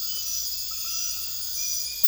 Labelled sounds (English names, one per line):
none